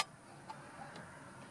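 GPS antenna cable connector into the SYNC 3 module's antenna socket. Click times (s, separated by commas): 0.5 s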